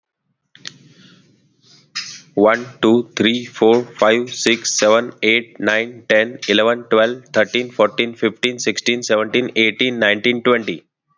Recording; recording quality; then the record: counting at a fast pace; excellent, no background noise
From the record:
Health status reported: healthy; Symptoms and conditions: none ticked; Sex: male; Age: 36 years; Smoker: not ticked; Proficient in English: yes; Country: India